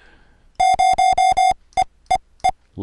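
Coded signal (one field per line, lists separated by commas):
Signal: none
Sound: synthesizer keyboard notes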